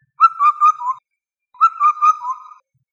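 Indian cuckoo calling: two clear whistled four-note phrases, the final note of each dropping lower, separated by a short pause, with no other sounds.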